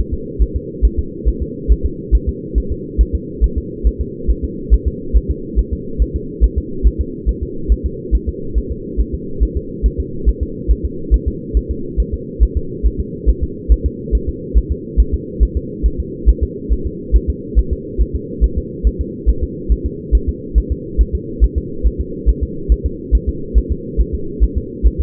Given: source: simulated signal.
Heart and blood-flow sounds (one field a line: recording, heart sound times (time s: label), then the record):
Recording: fetal heart sounds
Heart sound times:
0.14 s: S2
0.42 s: S1
0.56 s: S2
0.85 s: S1
0.99 s: S2
1.28 s: S1
1.42 s: S2
1.72 s: S1
1.86 s: S2
2.15 s: S1
2.29 s: S2
2.58 s: S1
2.72 s: S2
3.01 s: S1
3.15 s: S2
3.44 s: S1
3.58 s: S2
3.87 s: S1
4.01 s: S2
4.31 s: S1
4.45 s: S2
4.74 s: S1
4.88 s: S2
5.17 s: S1
5.31 s: S2
5.59 s: S1
5.73 s: S2
6.02 s: S1
6.16 s: S2
6.44 s: S1
6.58 s: S2
6.87 s: S1
7.01 s: S2
7.29 s: S1
7.43 s: S2
7.72 s: S1
7.86 s: S2
8.15 s: S1
8.29 s: S2
8.58 s: S1
8.72 s: S2
9.01 s: S1
9.15 s: S2
9.43 s: S1
9.57 s: S2
9.86 s: S1
10.00 s: S2
10.29 s: S1
10.43 s: S2
10.71 s: S1
10.85 s: S2
11.14 s: S1
11.28 s: S2
11.57 s: S1
11.71 s: S2
12.00 s: S1
12.14 s: S2
12.43 s: S1
12.57 s: S2
12.86 s: S1
13.00 s: S2
13.29 s: S1
13.43 s: S2
13.72 s: S1
13.86 s: S2
14.15 s: S1
14.29 s: S2
14.58 s: S1
14.72 s: S2
15.00 s: S1
15.14 s: S2
15.43 s: S1
15.57 s: S2
15.86 s: S1
16.00 s: S2
16.29 s: S1
16.43 s: S2
16.73 s: S1
16.87 s: S2
17.16 s: S1
17.30 s: S2
17.59 s: S1
17.73 s: S2
18.02 s: S1
18.16 s: S2
18.44 s: S1
18.58 s: S2
18.87 s: S1
19.01 s: S2
19.30 s: S1
19.44 s: S2
19.72 s: S1
19.86 s: S2
20.15 s: S1
20.29 s: S2
20.58 s: S1
20.72 s: S2
21.01 s: S1
21.15 s: S2
21.44 s: S1
21.58 s: S2
21.87 s: S1
22.01 s: S2
22.29 s: S1
22.43 s: S2
22.72 s: S1
22.86 s: S2
23.15 s: S1
23.29 s: S2
23.58 s: S1
23.72 s: S2
24.01 s: S1
24.15 s: S2
24.44 s: S1
24.58 s: S2
24.87 s: S1
25.01 s: S2
From the record:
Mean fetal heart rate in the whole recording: 140 bpm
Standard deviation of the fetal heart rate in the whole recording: 2 bpm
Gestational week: 34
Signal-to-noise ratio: -4.3 dB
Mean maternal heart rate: 72 bpm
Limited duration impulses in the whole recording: absent